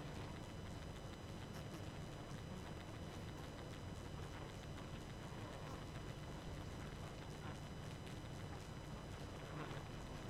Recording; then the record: honeybee colony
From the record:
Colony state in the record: active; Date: 12 June 2018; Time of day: 22:30